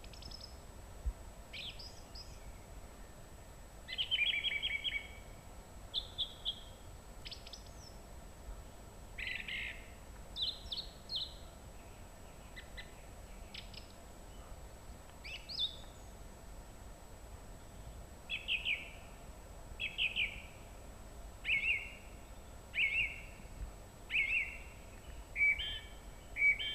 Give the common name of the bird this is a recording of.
Song Thrush